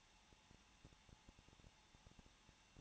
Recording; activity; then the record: daily activity, microphone in the room; no activity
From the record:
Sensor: 1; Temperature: 20.1 degrees Celsius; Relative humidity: 39.4%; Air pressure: 1006.4 hPa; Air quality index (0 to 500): 219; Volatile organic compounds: 83 ppm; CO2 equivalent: 3628 ppm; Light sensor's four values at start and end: 1/2/1/1 and 1/2/1/1